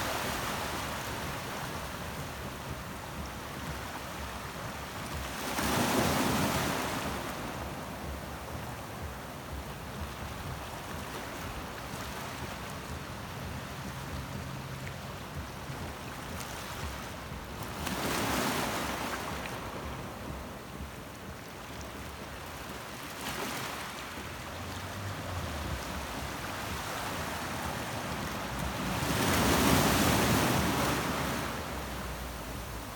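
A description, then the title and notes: Surf washes against a rocky shore under a steady, hissing wash of water. Waves break in bright, rushing surges around 6, 18, 23 and 30 seconds, the last the loudest. A low rumble sits beneath throughout. Relaxing rocky coastal surf. Costa Rican, Pacific coastal. Captured on Quepos, Puntarenas.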